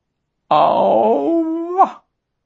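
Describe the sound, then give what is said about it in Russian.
A dog named Sharik stretches and yawns after sleeping, in a jungle clearing in the sun, with a drawn-out, groaning vocal whine lasting over a second, its tone sliding gently downward, then lifting briefly before dropping into a soft sigh. No other sounds. “И он, вздохнув терпкий жаркий воздух джунглей, потянулся и зевнул. На солнце блеснули его клыки, а над поляной пронесся добродушный вздох выспавшегося Шарика.”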